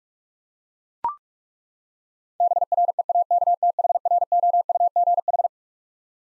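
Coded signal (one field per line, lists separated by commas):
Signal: Morse code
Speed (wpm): 41 wpm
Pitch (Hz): 700 Hz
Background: none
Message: BREAKTHROUGH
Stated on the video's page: Computer-generated 45 wpm Morse head-copy practice of twelve-letter words, each sent, spoken, then sent again.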